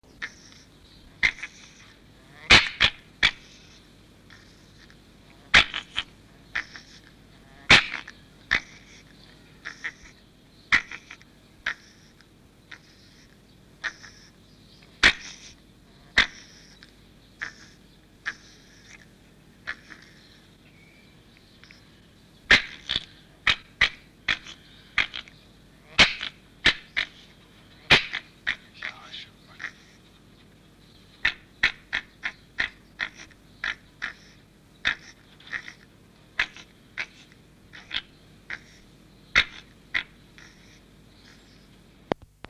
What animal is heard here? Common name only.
Fennec Fox